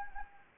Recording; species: mosquito wingbeat signal from an infrared sensor; Anopheles gambiae